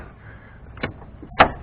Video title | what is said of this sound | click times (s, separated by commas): Replacing FJ Cruiser rear window struts | And you can see I did that with one hand. That's all snapped on. | 1.4 s